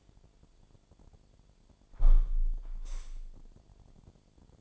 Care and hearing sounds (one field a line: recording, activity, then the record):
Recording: daily activity, microphone in the room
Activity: close window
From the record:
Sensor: 5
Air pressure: 1006.6 hPa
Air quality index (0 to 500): 190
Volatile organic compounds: 5 ppm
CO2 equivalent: 1808 ppm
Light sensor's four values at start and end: 56/160/62/63 and 56/160/62/63